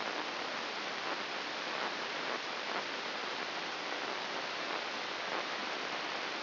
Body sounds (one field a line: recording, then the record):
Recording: brain microelectrode recording played as sound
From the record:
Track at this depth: inside the subthalamic nucleus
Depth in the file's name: 3.004 mm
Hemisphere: right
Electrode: 2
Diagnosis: Parkinson's disease